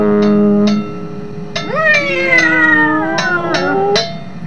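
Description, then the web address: Cat meowing, a drawn-out call that rises and then slowly falls, after a steady tone, with several sharp clicks in the background. "cat"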